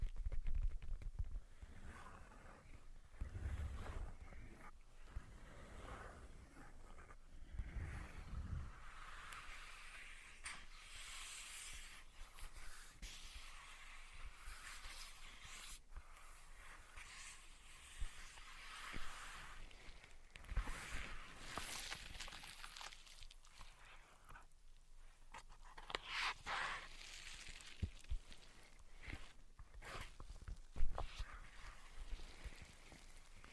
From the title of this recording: Tapping, Scratching, and Tracing Sounds